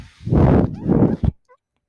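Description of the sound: Two low, noisy rushes of air, each about half a second long, are followed by a soft click and a brief faint tone. These are the sounds of a home mechanical ventilator cycling air.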